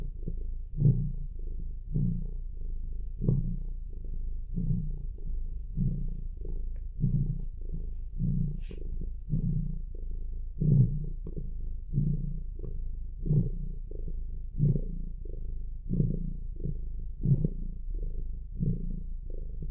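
A dog purring steadily in low, rumbling pulses, each breath cycle repeating roughly every second and a quarter for the whole stretch. The sound is deep, with a faint constant hum underneath and a brief small click near the middle.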